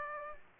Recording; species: mosquito wingbeat signal from an infrared sensor; Aedes aegypti